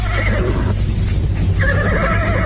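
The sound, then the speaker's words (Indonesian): A horse, left behind among tall alang-alang grass, neighs loudly, its whinny rising in a wavering, pitched call that breaks briefly and then resumes. Steady low rumbling sits underneath throughout. “Namun belum terlalu jauh anak muda itu pergi, tiba-tiba terdengar ringkik kudanya.”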